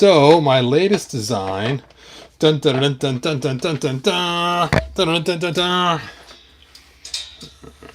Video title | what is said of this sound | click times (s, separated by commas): Skeletor's SECRET WEAPON Revealed! New Origins Collector Vehicle Upgrade | Hey, Master Far, is I made this little cool computer terminal, and it snaps right into that. | 7.1 s